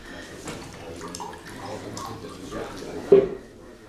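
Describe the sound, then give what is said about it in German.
Whisky pours steadily into a glass with a soft, continuous trickle and gurgle, ending in a brief sharp knock of glass just before it fades. “Lassen Sie, ich brauche einen kleinen Tropfen.”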